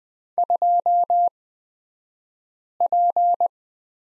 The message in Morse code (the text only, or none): 2P